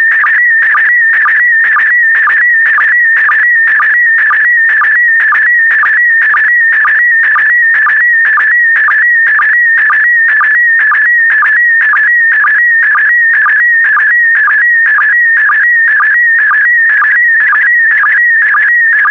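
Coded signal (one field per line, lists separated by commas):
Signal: SSTV (slow-scan television)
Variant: PD120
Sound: steady warbling whistle near 2 kHz with rhythmic low chirps about twice per second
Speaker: complete you can now check your decoded image against the picture that is shown on the video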